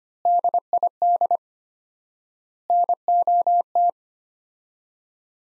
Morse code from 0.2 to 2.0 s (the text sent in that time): DID